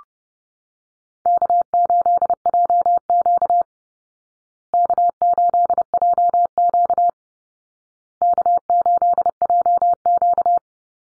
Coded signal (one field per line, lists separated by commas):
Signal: Morse code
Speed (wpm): 30 wpm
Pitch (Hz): 700 Hz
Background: none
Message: K8JQ K8JQ K8JQ